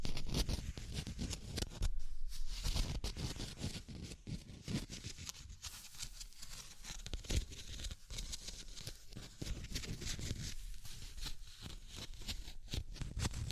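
Tapping and scratching sounds shift and pan across fourteen seconds, a dense, restless texture of rapid scrapes and soft knocks. Short bright taps and rubbing strokes crowd together without a steady rhythm, with brief quieter gaps around two, six and eight seconds.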